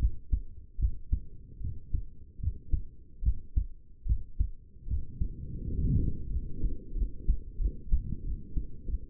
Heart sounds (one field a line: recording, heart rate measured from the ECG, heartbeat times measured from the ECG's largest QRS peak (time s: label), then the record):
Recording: heart sounds by stethoscope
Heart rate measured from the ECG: 82 bpm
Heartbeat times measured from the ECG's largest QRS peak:
0.79 s: heartbeat
1.61 s: heartbeat
2.40 s: heartbeat
3.23 s: heartbeat
4.06 s: heartbeat
4.87 s: heartbeat
5.62 s: heartbeat
6.30 s: heartbeat
6.95 s: heartbeat
7.59 s: heartbeat
8.24 s: heartbeat
8.87 s: heartbeat
From the record:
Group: healthy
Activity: rest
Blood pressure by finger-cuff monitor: 103/76 mmHg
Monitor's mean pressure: 83 mmHg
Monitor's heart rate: 75 bpm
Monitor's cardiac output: 5.4 L/min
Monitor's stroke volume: 71 mL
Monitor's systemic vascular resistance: 1100 dyn s/cm5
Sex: male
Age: 21 years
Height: 170 cm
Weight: 71 kg